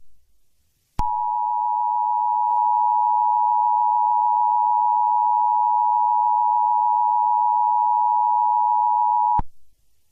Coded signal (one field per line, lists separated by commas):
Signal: Emergency Alert System (SAME) tones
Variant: 853 and 960 Hz attention tone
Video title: EAS Scenario #19: ALCATRAZ: the Ship of Theseus.